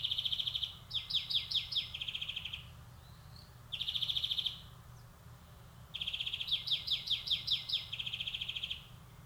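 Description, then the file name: European greenfinch alternating smooth high trills with choppier rattling trill runs, phrases following each other after short pauses. "Chloris chloris"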